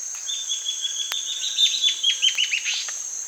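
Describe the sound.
Bird song: a thin level note leading into a rapid series of descending chirps, with a steady high insect drone behind.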